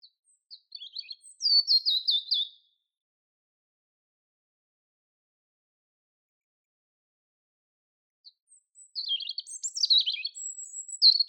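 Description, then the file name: European robin song: a short phrase of scratchy high notes and a rapid trill, a long silence, then another varied phrase of thin whistles and twitters. "Erithacus rubecula"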